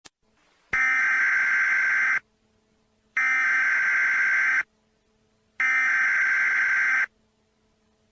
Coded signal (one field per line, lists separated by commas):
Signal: Emergency Alert System (SAME) tones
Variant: header bursts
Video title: Eas paranor